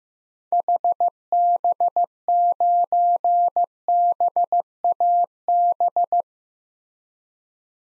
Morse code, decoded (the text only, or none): HB9BAB